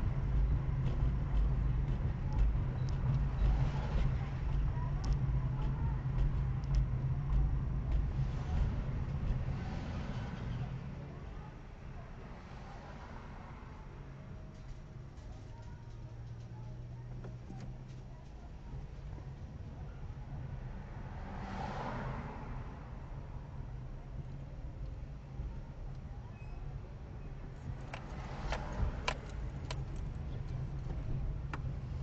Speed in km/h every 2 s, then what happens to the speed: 28, 26, 25, 24, 16, 3, 5, 4, 4, 6, 7, 7, 7, 6, 9, 16.
0-10 slows to 3. 10-26 steady at about 6. 26-32 speeds up to 16.